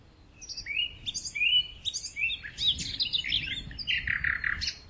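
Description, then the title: Bird singing a quick series of slurred whistles and chirps that turns into a denser, harsher twittering, against a faint background hiss. "LuckyPassaro Completos2Sama"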